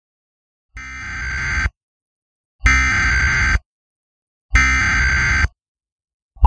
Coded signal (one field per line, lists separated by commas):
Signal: Emergency Alert System (SAME) tones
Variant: header bursts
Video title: Michigan Coronavirus Emergency alert broadcast April 24